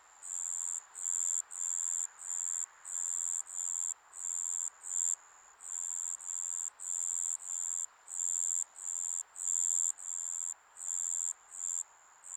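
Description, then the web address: Insects giving shrill, high buzzes in quick, fairly regular pulses, with a soft hiss underneath. Insects in a Japanese summer ambience. "Sound Effects-Foundation 1 AMBIENCE JAPANESE SUMMER INSECTS"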